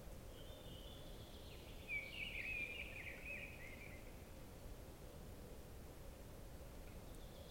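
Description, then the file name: Common chaffinch: one faint scratchy trilled phrase early on, then only a steady low hum and background noise. "Fringilla coelebs"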